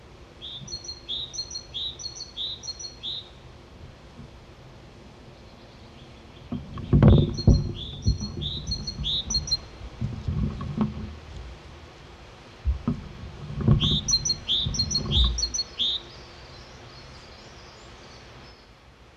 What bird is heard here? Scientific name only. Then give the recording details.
Parus major. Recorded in the wild. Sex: male. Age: adult. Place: Detmold, OT Hiddesen, Teutoburger Wald, Nordrhein-Westfalen, DE. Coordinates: 51.9272, 8.80583. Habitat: pond. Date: 1972-04-13. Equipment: Uher 4200 Report Stereo, Bändchenmikro Beyer M 260, Parabolspiegel Polyester (600 mm). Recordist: Conrads, Klaus. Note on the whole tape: NSG Donoper Teich bei Detmold. Männchen: Läuten ("zi-zi-däh")